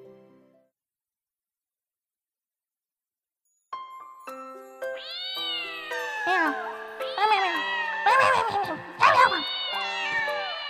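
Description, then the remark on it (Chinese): Several kittens meow over one another in high, wavering cries, starting after a few seconds of near silence and growing louder and busier, with a faint tinkle in the mix. “嘿，你来了，你看这群小猫崽子怎么就不听话呢？”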